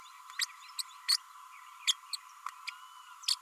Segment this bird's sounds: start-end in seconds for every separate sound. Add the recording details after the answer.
0.39-0.46, 0.78-0.82, 1.08-1.17, 1.87-1.92, 2.13-2.16, 2.67-2.70, 3.28-3.35. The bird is a male. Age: 33 days. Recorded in a nest box in Venezuela. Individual 17B32A6